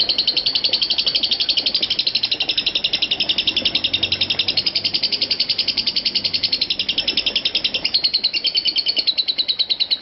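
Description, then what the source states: Lovebird producing a dense, buzzy chatter of very quick high notes packed tightly together, continuing nonstop. Konslet song style.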